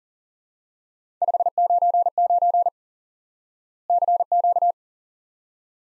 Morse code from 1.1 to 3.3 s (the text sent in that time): 599